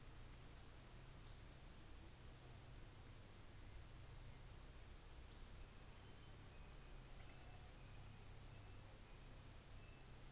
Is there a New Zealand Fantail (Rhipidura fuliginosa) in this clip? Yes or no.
no